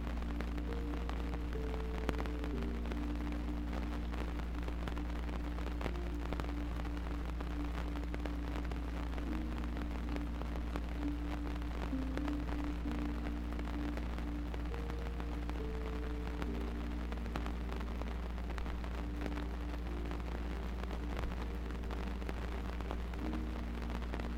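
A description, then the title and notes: Rain patters steadily on a tent roof, a dense, even spray of tiny taps with no pauses. Beneath it runs a constant low hum, and faint held tones drift and shift in pitch throughout, almost like a soft drone. The Sound of Camping In The Rain. The soothing sound of rain hitting the top of a tent.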